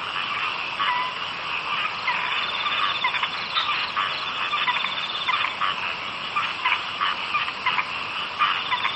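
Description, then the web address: Dense frog chorus, pulsed croaking notes repeated quickly and overlapping, steady loudness with frequent brief peaks. "bumbungrec kaeru frog"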